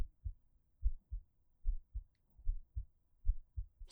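Steady, soft low-pitched double thumps at about 74 beats a minute, each lub followed closely by a dub, against a quiet background. It is an adult woman's own heartbeat, heard close up, with a regular rhythm.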